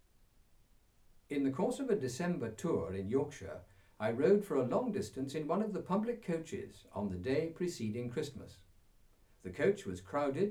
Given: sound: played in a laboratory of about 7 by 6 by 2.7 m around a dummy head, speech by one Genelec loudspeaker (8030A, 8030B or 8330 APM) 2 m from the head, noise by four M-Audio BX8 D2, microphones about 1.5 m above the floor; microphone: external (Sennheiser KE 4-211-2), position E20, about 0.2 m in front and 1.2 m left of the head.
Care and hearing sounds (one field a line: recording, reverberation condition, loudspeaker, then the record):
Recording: male speech in English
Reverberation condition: low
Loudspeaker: in front (0 degrees)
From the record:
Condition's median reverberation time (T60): about 310 ms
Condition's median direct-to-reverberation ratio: about 3.5 dB